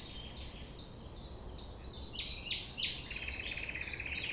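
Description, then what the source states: Common nightingale song, a run of sharp repeated notes followed by a rapid rattling trill. Sung at 6 a.m. at sunrise near the Thève river at Champ de Ménage; the nightingale sings without waiting for silence.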